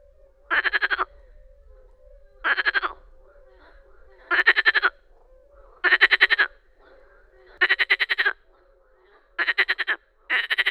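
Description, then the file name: Marsh frog calling in several loud, pulsed, laughing croaks, each a short burst with pauses between. "Grenouille rieuse"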